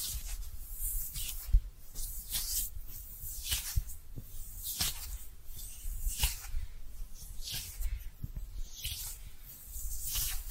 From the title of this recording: Cozy Brushing